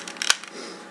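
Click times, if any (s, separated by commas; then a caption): 0.3 s. A plastic part of a toy train megazord (Power Rangers Mystic Force Solar Streak Megazord) is pressed into its locked position on the combined megazord body during the combination. A few light plastic clicks and rattles lead to a sharp plastic snap at 0.3 s, followed by a faint tick. The part clicks and seats into place.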